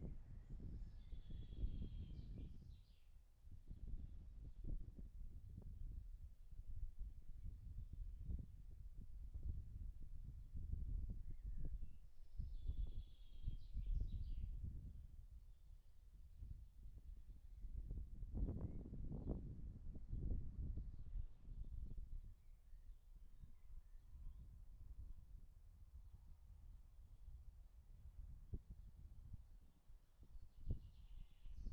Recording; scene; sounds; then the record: everyday scene through a hearing-aid microphone; wind on the microphone; wind, birds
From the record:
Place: in front of a rural house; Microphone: behind the ear, right, rear